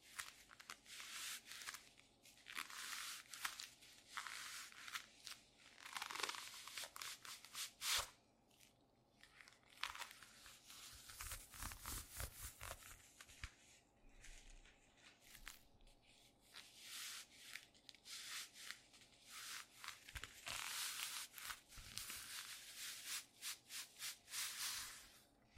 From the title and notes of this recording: TimASMR-ASMR Squeaky Leather Glove Sounds (NO TALKING).